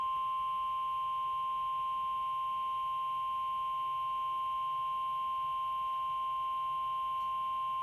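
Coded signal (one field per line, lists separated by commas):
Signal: Emergency Alert System (SAME) tones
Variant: 1050 Hz attention tone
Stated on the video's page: Severe thunderstorm warning relayed on several Pennsylvania FM radio stations and a NOAA Weather Radio transmitter.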